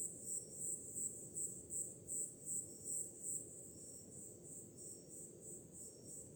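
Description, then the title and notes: High pulsed cricket chirping, regular for the first few seconds and then fading softer, with a steady low rumble of waves beneath. Crickets on a summer night, with ocean sounds in the background. "Grilos, cigarras e oceano - Crickets, cicadas and waves. Som do mar ao fundo, grilos e cigarras em uma noite de verão – Ocean, crickets and cicadas in a summer night"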